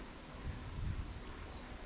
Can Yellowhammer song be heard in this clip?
no